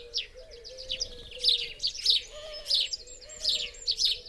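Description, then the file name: House sparrow chirping, quick harsh tweets in uneven bursts over a low wavering hum. "Passer domesticus"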